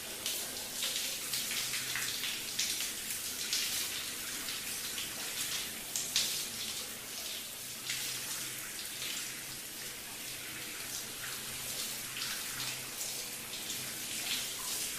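A shower runs steadily, its spray a dense, bright hiss that stays even for the whole stretch with small flickers of splashing. A faint low hum sits underneath, and the sound is slightly muffled, as if heard from the next room.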